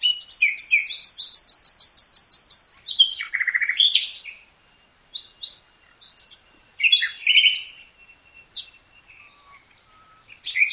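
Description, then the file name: Common nightingale song beginning with a fast high rattling trill, then varied whistles, chirps and buzzy notes with short pauses. "Luscinia megarhynchos"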